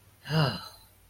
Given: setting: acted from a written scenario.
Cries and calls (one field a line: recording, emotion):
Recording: vocal sound without words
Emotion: relief